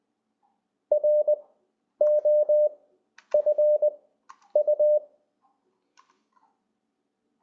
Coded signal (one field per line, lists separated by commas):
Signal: Morse code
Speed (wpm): 20 wpm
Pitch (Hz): 600 Hz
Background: none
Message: ROFU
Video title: LCWO demo